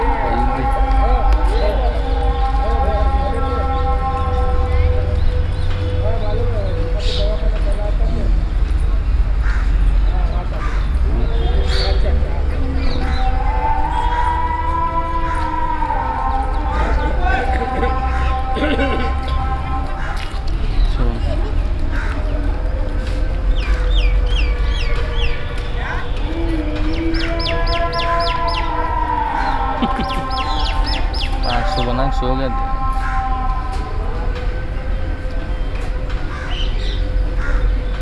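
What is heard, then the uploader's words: A muezzin's call sounds through a busy street, the voice holding long wavering tones that rise and fall across most of the clip. Other voices and sharp calls overlap it, over a steady low rumble of traffic and crowd noise. Bijapur.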